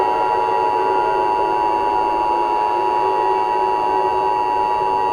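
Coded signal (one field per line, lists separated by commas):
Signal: Emergency Alert System (SAME) tones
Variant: 853 and 960 Hz attention tone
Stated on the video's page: Fictional EAS scenario with music.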